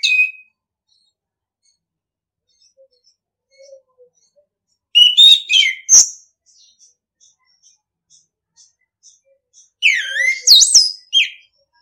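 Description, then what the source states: Orange-headed thrush song in short bursts of rich, varied whistled and scratchy notes, a brief phrase at the start, one near five seconds and another near ten, with faint soft chips between. Training recording (masteran) of orange-headed thrush song for birds to learn from; song style called ngeplong.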